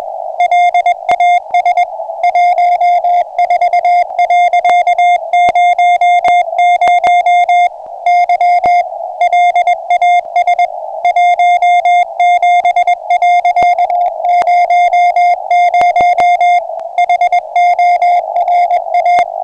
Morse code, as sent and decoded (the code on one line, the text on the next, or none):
.-.. .- ... / .---- ....- .-.-.- ----- ----- / -.-- / .-.. .- ... / .---- --... .-.-.- ----- ----- / .... --- .-. .-
LAS 14.00 Y LAS 17.00 HORA